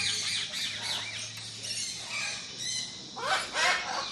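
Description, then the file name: Parrot squawks and chattering calls overlap in a busy aviary chorus, with a louder pair of harsh screeches near the end over a low hum in the first half. Tropical aviary ambience with parrots and parakeets, a lawn mower in the background, Australia. "zapsplat animals birds tropical avery ambience parrots parakeets voices mower background. australia"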